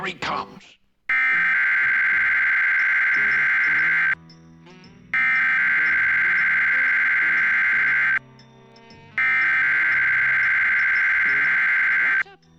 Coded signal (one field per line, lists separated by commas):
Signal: Emergency Alert System (SAME) tones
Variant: header bursts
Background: speech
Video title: MeTV | (WBIR 10-2) | Required Weekly EAS Test | [11-04-2022] (TIWM)